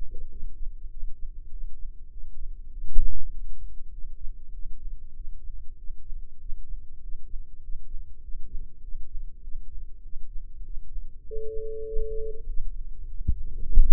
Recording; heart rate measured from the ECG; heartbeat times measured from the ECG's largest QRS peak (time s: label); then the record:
heart sounds by microphone in the right ear; 99 bpm
0.28 s: heartbeat
0.88 s: heartbeat
1.49 s: heartbeat
2.09 s: heartbeat
2.69 s: heartbeat
3.30 s: heartbeat
3.90 s: heartbeat
4.51 s: heartbeat
5.13 s: heartbeat
5.76 s: heartbeat
6.38 s: heartbeat
7.00 s: heartbeat
7.60 s: heartbeat
8.21 s: heartbeat
8.80 s: heartbeat
9.41 s: heartbeat
10.02 s: heartbeat
10.62 s: heartbeat
11.23 s: heartbeat
11.84 s: heartbeat
12.45 s: heartbeat
13.07 s: heartbeat
13.68 s: heartbeat
From the record:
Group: healthy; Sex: male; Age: 19 years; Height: 178 cm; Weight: 83 kg